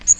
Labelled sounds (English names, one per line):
Magnolia Warbler flight call